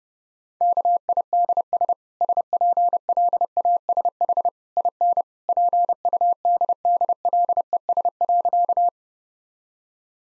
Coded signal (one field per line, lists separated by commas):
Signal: Morse code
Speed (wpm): 30 wpm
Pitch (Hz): 700 Hz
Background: none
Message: KIDS SPLASH IN PUDDLES.